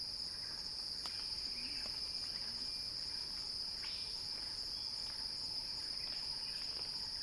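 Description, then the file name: Cicada song, a constant high whining buzz, over scattered clicks and brief faint chirps. Cicada song building in a crescendo. "earth-fm Axel-Drioli Cicada-Crescendo-Sounding-Wild"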